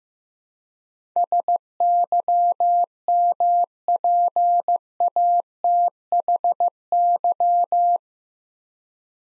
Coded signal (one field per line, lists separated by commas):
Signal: Morse code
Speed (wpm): 15 wpm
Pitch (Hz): 700 Hz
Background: none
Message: SYMPATHY